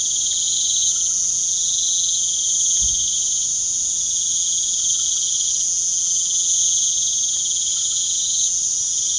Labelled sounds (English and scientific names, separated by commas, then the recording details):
none
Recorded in pastures near Puerto Asís, Putumayo, Colombia, on 24 June 2025 at 19:30
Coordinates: 0.497, -76.327
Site G040